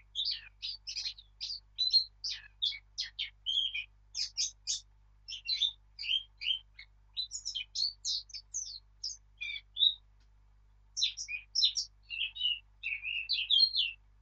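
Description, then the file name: Eurasian blackcap singing a long stream of varied, quick warbled notes, chirpy and slightly scratchy, with one short break late in the song. "Sylvia atricapilla"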